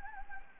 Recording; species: mosquito wingbeat signal from an infrared sensor; Anopheles gambiae